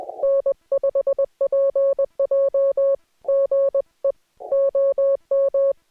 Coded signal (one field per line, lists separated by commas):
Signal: Morse code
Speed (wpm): 20 wpm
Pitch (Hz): 550 Hz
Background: music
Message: N5PJ GE OM